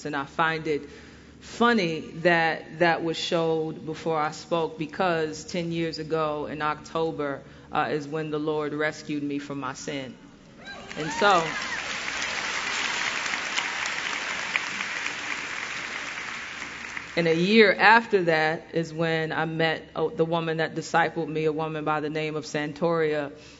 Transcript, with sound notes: I find it funny that video was showed before I spoke, because it was ten years ago in October when the Lord rescued me from my sin. (applause) And a year after that is when I met the woman who discipled me—a woman by the name of Santoria.